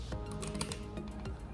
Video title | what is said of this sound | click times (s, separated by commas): MMS552 Spider man Homemade Suit Review by Beaman ToysTV | so that's the sound that is actually is already attached safely | 0.6 s